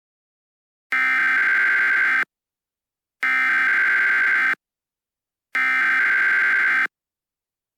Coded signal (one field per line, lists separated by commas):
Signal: Emergency Alert System (SAME) tones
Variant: header bursts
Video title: Bluey EAS Scenario